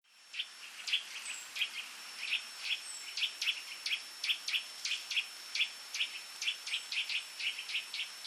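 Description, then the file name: Eurasian nuthatch calls: quick repeated sharp notes, some doubled, continuing evenly throughout, with a faint steady high tone behind. "Sitta europaea"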